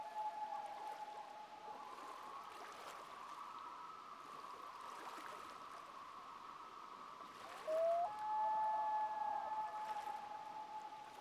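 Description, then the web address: Common loons calling, a long held wail joined near the end by a second loon's sharply rising, louder cry that then holds steady. Two common loons calling together in a duet. "COMMON LOON DUET. wilderness songs"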